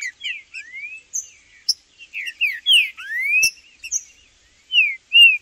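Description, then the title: Green-winged saltator song: clear, loud whistled notes sliding up and down, given in short phrases with brief pauses, a sharp click in between. Trinca-ferro calling (piando), singing and 'macheando' in a dispute, in the bush with a free (solto) bird; birds named Blindado and Tufão. "TRINCA Piando, Cantando E Macheando Na DISPUTA. Trinca Ferro no MATO Cantando e Macheando muito com Solto! Blindado e Tufão no mato"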